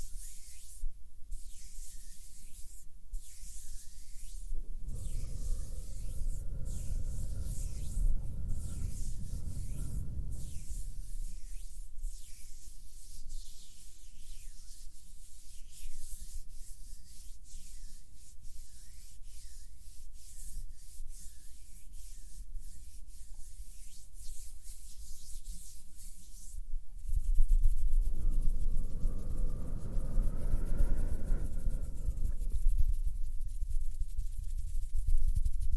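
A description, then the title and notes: Hands rub and brush softly in a steady, dense swishing, with two heavier, lower rubbing passes around 5–11 and 27–34 seconds. HAND SOUNDS + SOFT HAND MOVEMENS.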